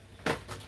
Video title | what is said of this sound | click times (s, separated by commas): Reptile Room Tear Down | oh sorry clicked | 0.3 s